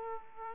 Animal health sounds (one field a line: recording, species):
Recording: mosquito wingbeat signal from an infrared sensor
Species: Aedes aegypti